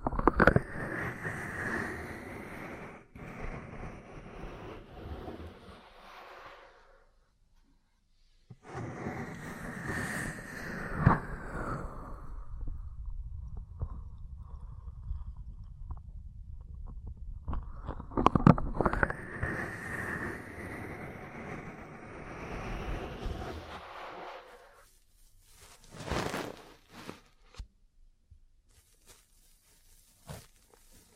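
Ear cleaning and massage sounds: heavy, muffled rubbing and cupping swells in long waves, thick and rumbling with a rising whoosh in each, separated by brief near-silent pauses around 8 and 25 seconds. Near the end come sparse, sharp tapping clicks.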